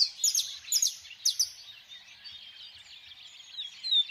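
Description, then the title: Birds in a dawn chorus, many high chirps and twitters overlapping, with a few louder sharp notes in the first second and a half. Birds singing at dawn. "Pássaros Cantando No Amanhecer"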